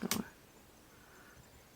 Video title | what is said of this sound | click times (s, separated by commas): Finished Projects | okay, so I heard the click that time. | 0.1 s